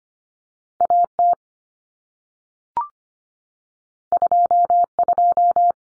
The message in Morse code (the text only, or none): AT 22